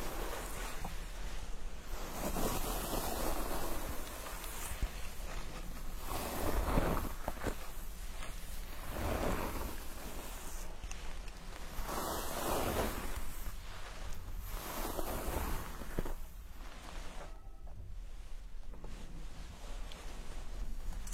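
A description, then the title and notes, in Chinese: Hair being washed with a scalp massage: dense, steady scrubbing and foamy rustling that swells in soft waves every couple of seconds. 沉浸式洗头体验 & 头皮按摩。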